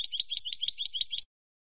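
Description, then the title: European goldfinch twittering, a rapid series of repeated paired chirps, ending abruptly. "Jilguero"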